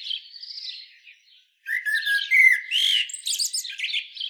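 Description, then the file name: Common blackbird giving a soft wavering phrase, a brief silence, then a fluty sliding note followed by rapid high chirps. "Turdus merula"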